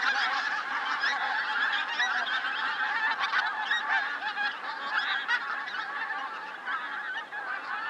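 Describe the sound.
Pink-footed goose flock honking, many high, nasal calls overlapping in a continuous chorus throughout.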